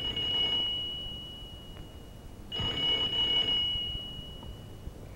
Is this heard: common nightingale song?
no